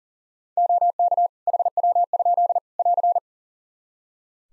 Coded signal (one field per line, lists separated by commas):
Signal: Morse code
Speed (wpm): 40 wpm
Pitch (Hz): 700 Hz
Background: none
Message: OK HW? <AR>